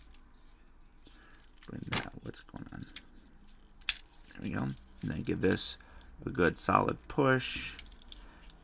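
A plastic back panel tab on a Transformers Rise of the Beasts Studio Series Leader Class Scourge transforming action figure is pushed firmly into its slot while someone talks, with light plastic handling clicks along the way. The panel snaps and locks into place at 8.1 s.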